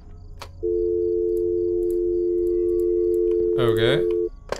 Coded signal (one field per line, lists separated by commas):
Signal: telephone call progress tone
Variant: North America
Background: speech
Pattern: dial tone